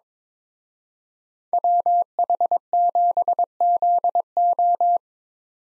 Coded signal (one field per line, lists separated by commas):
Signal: Morse code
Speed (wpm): 25 wpm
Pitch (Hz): 700 Hz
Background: none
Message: WH7ZO